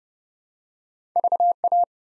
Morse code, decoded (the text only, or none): VA